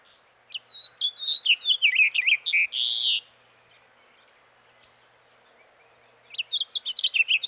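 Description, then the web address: House Finch song: a bubbling sequence of rapid chirps and slurred notes finishing with a harsh buzzy note, then quiet before a new twittering phrase begins. Western North America. "Dan Gibson Wildlife Identification By Sound, Western North America. House Finch"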